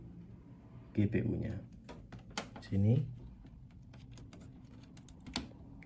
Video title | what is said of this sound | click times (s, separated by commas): Perakitan Komponen Komputer - Pembelajaran SMK Materi Perakitan dan Instalasi Komputer (Bagian 2) | sampai berbunyi klik. | 5.4 s